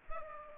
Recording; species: mosquito wingbeat signal from an infrared sensor; Culex pipiens